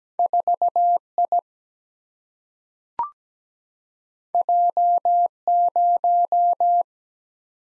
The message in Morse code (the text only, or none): 4 I J 0